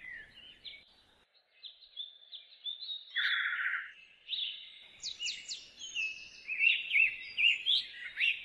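Bird song: short whistled notes, then a dense buzzy trill, then faster, brighter phrases that grow louder toward the end.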